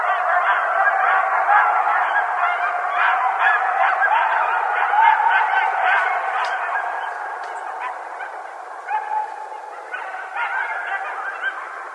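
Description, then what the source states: Coyotes in a chorus of rapid yips and barks over sustained howls, busy at first, then thinning into scattered yelps. Several coyotes, recorded 21 January 2012.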